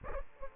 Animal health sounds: mosquito wingbeat signal from an infrared sensor; Culex quinquefasciatus

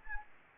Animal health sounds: mosquito wingbeat signal from an infrared sensor; Anopheles gambiae

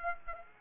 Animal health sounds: mosquito wingbeat signal from an infrared sensor; Aedes aegypti

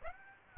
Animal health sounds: mosquito wingbeat signal from an infrared sensor; Aedes aegypti

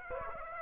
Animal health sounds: mosquito wingbeat signal from an infrared sensor; Aedes aegypti

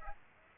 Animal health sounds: mosquito wingbeat signal from an infrared sensor; Aedes aegypti

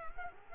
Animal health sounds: mosquito wingbeat signal from an infrared sensor; Culex quinquefasciatus

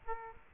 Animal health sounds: mosquito wingbeat signal from an infrared sensor; Aedes aegypti

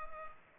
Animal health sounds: mosquito wingbeat signal from an infrared sensor; Culex pipiens

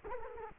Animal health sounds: mosquito wingbeat signal from an infrared sensor; Culex quinquefasciatus

